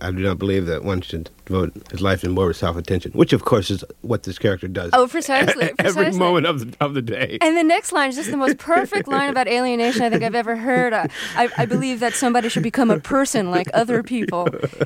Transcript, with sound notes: I do not believe that one should devote his life to morbid self-attention, which, of course, is what this character does.
Oh, precisely, precisely.
At every moment of the day (laughter).
And the next line is just the most perfect line about alienation I think I've ever heard - I believe that somebody should become a person like other people.